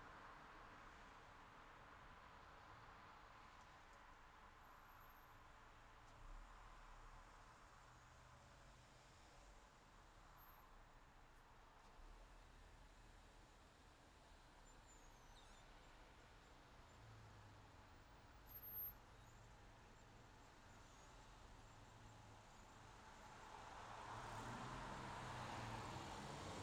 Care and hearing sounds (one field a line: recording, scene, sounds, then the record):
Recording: everyday scene through a hearing-aid microphone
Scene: in traffic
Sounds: traffic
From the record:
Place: city secondary road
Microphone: in the ear canal, left